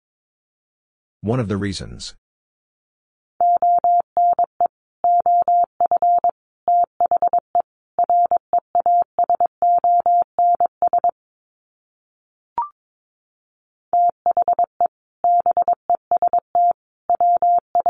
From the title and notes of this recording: Sets of 4 Words 22wpm. First, the words are sent in Morse code.